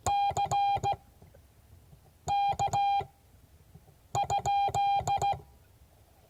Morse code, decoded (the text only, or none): CK?